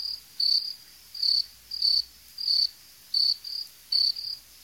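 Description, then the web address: Insect calling with steady high, pulsed chirps, about seven bursts in under five seconds, slightly uneven spacing, otherwise quiet. "animali insetti insetti insect"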